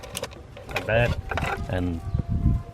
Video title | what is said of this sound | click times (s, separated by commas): INSTALLING TURBO TRANSFORMER ON BMW F30!! (PiggyBack) | we used to go in the car it was on our piggyback harness nice click like | 0.2 s